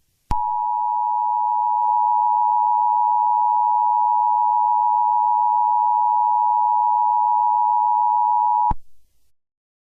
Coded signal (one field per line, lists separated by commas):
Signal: Emergency Alert System (SAME) tones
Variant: 853 and 960 Hz attention tone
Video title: EAS Scenario #14: Bubble Guppies